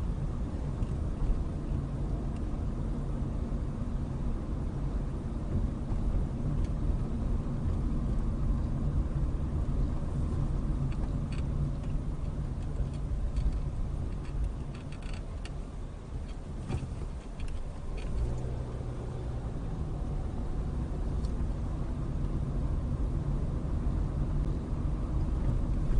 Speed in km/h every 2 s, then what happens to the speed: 23, 24, 24, 24, 24, 19, 13, 8, 6, 15, 21, 23, 23.
0-9 steady at about 24. 9-15 slows to 6. 15-20 speeds up to 21. 20-26 steady at about 23.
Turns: none.